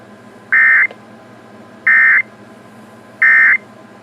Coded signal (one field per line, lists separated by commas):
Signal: Emergency Alert System (SAME) tones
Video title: Severe Weather EAS Alerts from July 9th-10th, 2024 (EAS #1,145-1,162)